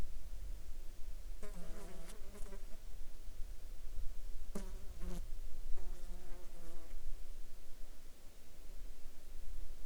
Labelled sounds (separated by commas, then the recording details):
insects
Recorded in the Arctic National Wildlife Refuge, Alaska, on 14 July 2019 at 20:34
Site 35